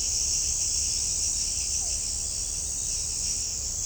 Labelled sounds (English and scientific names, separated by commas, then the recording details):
none
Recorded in shrubland near Pivijay, Magdalena, Colombia, on 5 June 2023 at 02:00
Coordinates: 10.453, -74.365
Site P5-G022